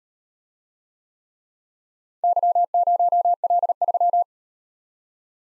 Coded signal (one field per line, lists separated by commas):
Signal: Morse code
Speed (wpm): 38 wpm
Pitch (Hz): 700 Hz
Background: none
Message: Y0L3